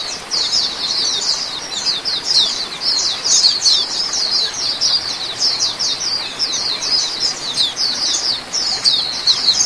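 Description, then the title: Oriental magpie-robin song: fast, busy high-pitched twittering phrases that run together continuously, with small swells in loudness and a soft background hiss. "Kicau Kacer"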